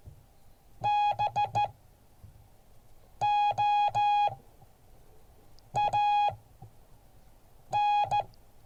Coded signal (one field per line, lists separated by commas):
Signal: Morse code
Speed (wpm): 14 wpm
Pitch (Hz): 830 Hz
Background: none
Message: BOAN